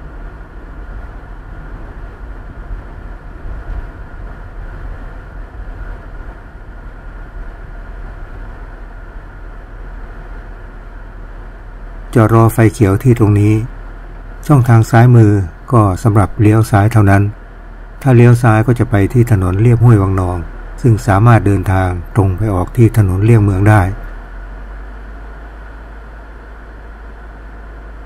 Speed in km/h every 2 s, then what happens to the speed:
42, 38, 31, 25, 18, 13, 6, 3, 0, 0, 0, 0, 0, 0.
0-15 slows to 0. 15-28 standing.